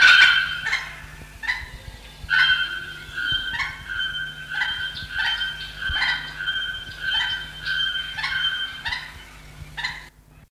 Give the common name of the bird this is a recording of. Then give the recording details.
Black-headed Woodpecker. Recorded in captivity. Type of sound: call. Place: Zoo Berlin, Berlin, DE. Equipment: Halbspur, 9,5 cm/s. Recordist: Lütgens, Hans. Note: Rufe